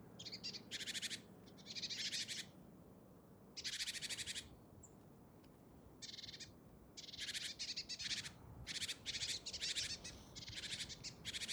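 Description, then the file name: Great tit giving harsh, buzzy churring calls in grouped bursts, some short and some drawn out, with soft background hiss. "Parus major"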